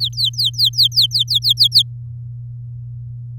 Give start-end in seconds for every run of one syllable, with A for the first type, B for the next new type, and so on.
0.00-1.82 A